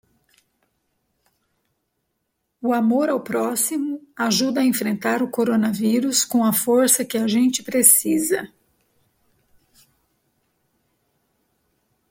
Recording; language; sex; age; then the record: spoken sentence; Brazilian Portuguese; female; 50 to 59 years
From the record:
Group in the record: control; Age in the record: 53 years